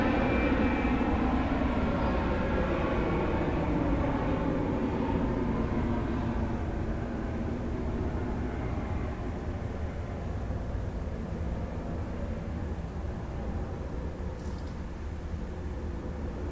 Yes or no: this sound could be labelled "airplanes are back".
yes